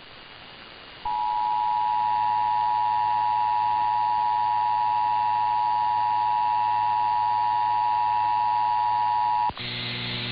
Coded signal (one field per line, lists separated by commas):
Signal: Emergency Alert System (SAME) tones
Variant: 853 and 960 Hz attention tone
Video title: [EAS #2157-#2159] Sacramento Tested a day Late